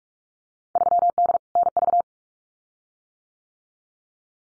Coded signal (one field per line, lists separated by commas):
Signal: Morse code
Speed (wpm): 46 wpm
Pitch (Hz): 700 Hz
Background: none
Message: 3D NV